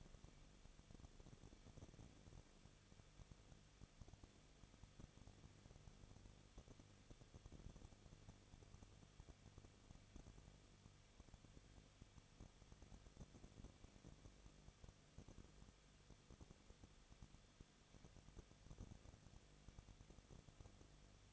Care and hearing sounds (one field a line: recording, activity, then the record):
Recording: daily activity, microphone in the room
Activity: no activity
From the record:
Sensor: 4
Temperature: 23.0 degrees Celsius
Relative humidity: 34.1%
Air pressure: 1007.4 hPa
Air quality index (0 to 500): 213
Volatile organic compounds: 14 ppm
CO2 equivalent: 2448 ppm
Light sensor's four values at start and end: 2/3/1/1 and 2/3/1/1